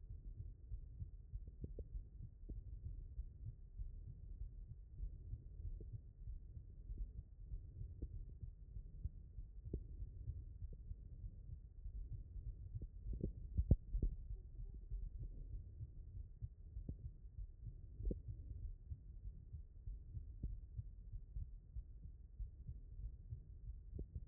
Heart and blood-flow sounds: heart sounds by stethoscope; aortic valve (AV)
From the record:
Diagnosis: non-HFrEF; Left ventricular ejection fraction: 66%

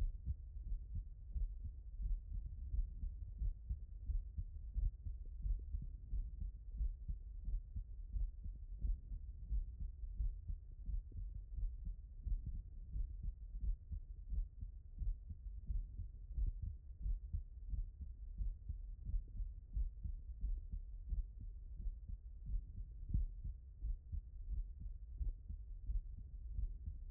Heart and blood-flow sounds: heart sounds by stethoscope; mitral valve (MV)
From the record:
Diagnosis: HFrEF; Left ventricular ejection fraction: 23%

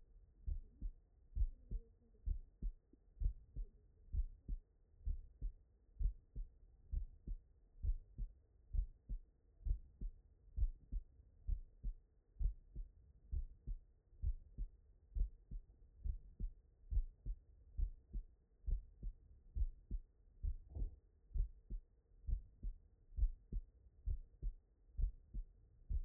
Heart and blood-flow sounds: heart sounds by stethoscope; tricuspid valve (TV)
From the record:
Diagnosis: non-HFrEF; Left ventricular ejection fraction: 69%

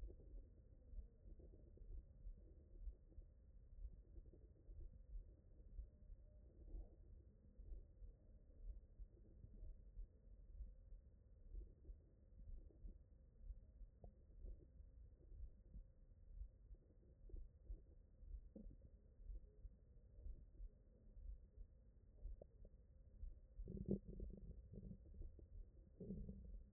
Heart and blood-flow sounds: heart sounds by stethoscope; mitral valve (MV)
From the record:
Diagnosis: non-HFrEF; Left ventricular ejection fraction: 43%

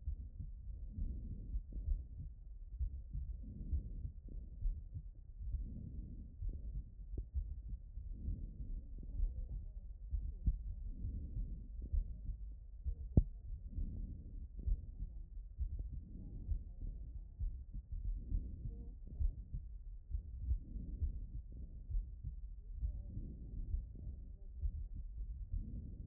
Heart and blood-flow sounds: heart sounds by stethoscope; aortic valve (AV)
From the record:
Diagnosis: non-HFrEF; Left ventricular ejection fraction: 46%

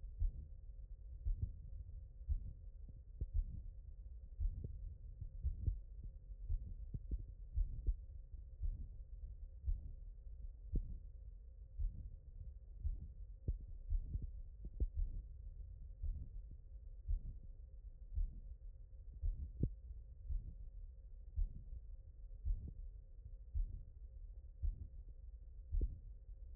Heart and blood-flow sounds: heart sounds by stethoscope; tricuspid valve (TV)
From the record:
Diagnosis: non-HFrEF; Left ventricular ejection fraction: 55%

